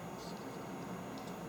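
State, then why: Not seated. A plastic Lula Quick Mag Loader is being handled on the top of a metal UZI submachine gun magazine, where it must be pushed down hard until it snaps into a hole. Only a steady, even background hiss and low hum are heard, with no distinct clicks. Nothing has seated or clicked yet.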